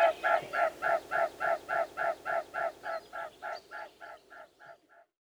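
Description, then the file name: Mute swan giving a steady series of throbbing, nasal tonal pulses, about three or four each second, gradually fading away toward the end. "cygne-tuberculé"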